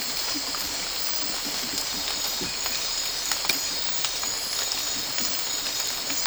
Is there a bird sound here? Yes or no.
no